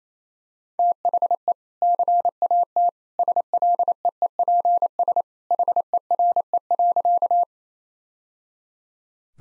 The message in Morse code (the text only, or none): THE CAT SLEEPS HERE.